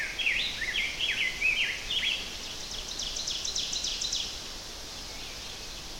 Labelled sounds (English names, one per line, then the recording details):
Ovenbird song
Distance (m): 55 m
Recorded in boreal forest in Alberta, Canada, on 10 June 2016 at 07:43
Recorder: SongMeter 3, array SBT-3-39
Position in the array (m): 325 m, 145 m
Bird 19